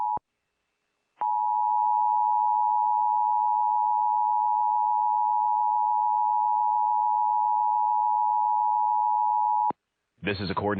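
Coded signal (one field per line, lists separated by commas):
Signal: Emergency Alert System (SAME) tones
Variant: 853 and 960 Hz attention tone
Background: speech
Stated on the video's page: Required monthly test for the Roanoke area recorded from three TV stations, plus a required weekly test on one of them.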